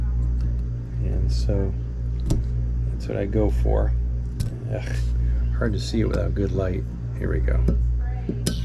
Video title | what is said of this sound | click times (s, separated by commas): Episode 13 Compressor Failure and NO TOILETS! | I heard the click. | 8.5 s